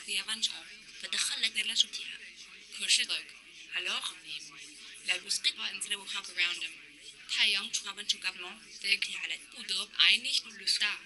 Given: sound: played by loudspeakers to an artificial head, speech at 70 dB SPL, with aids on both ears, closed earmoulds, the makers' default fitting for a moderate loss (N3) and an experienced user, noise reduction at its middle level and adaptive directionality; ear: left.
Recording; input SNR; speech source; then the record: speech test signal (ISTS) in cocktail-party noise; +6 dB; in front (0 degrees)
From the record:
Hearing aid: class 2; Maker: J